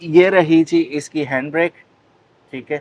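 Someone talks about the hand brake lever in the centre console of an AELKTRA Metro EV, a small electric hatchback, with short pauses between phrases. The lever has not been pulled up yet, so its ratchet has not clicked or locked.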